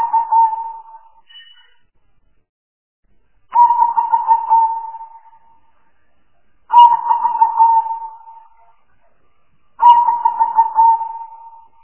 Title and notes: Pikat Burung Tekukur Paling Ampuh. Kumpulan suara burung tekukur paling ampuh